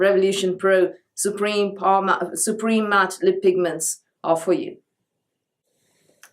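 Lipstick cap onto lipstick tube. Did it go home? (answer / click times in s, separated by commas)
yes / 6.2 s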